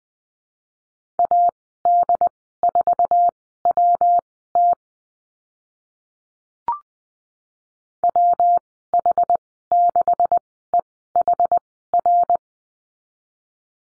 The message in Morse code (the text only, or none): AD4WT WH6EHR